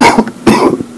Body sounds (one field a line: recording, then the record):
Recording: coughing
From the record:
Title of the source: Coughing 77